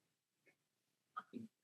That poor fella sneezed.